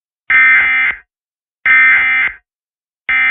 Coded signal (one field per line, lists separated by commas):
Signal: Emergency Alert System (SAME) tones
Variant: end-of-message bursts